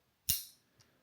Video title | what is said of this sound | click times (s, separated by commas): DJI OSMO ACTION 6 - TELESIN Street Shot Aluminium Set – PLUME AIR -Best Lightweight Camera Rig | that magnetically snaps back in so you can't lose it. | 0.3 s